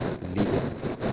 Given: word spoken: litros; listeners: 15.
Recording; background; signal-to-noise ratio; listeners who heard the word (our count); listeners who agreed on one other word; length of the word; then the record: one Spanish word in noise, from a listening test; noise modulated by three-talker babble; -4.0 dB; 0 of 15; 6 of 15; 0.73 s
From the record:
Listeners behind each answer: 6, 1, 1, 1, 1, 1, 1, 1, 1, 1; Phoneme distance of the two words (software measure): 10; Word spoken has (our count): 2 syllables, 6 phonemes, stress on syllable 1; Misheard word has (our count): 2 syllables, 6 phonemes, stress on syllable 1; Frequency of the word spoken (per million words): 16.19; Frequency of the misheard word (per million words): 112.38